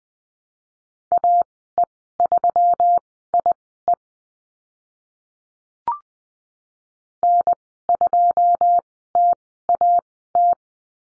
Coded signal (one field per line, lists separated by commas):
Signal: Morse code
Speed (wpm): 20 wpm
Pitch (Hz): 700 Hz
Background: none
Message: AE3IE N2TAT